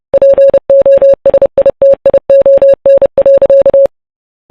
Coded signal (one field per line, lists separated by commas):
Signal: Morse code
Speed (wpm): 28 wpm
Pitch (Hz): 550 Hz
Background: none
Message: POSITION.